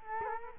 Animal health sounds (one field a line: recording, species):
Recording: mosquito wingbeat signal from an infrared sensor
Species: Culex quinquefasciatus